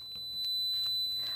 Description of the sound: What this constant ringing in the ear may sound like in some cases. This is the sound of tinnitus in what it sounds like for some people constantly.